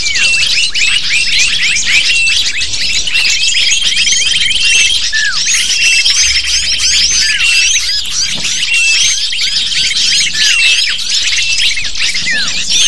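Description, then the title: Lovebird flock chatter, unbroken piercing chirps and twittering squeaks from several birds, with thin, level whistle tones appearing now and then. Calls used as a lure to attract lovebirds. "PIKAT BURUNG LOVEBIRD"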